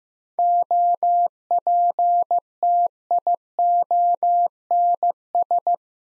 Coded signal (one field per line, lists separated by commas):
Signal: Morse code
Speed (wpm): 15 wpm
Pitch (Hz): 700 Hz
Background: none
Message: OPTIONS